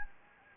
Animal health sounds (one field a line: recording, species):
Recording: mosquito wingbeat signal from an infrared sensor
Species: Anopheles gambiae